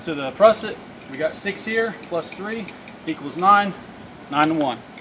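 A progress capture device on a rescue rope is handled while a 9:1 pulley system, converted from a 5:1, is rigged, and someone talks throughout. Nothing has seated or locked in place yet by the end of the clip.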